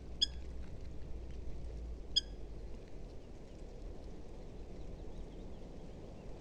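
Eurasian hobby calls, two sharp, clipped ringing notes about two seconds apart, then quiet background hiss.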